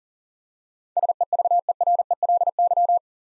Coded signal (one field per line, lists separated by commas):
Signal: Morse code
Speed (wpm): 40 wpm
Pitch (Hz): 700 Hz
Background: none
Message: SEVERELY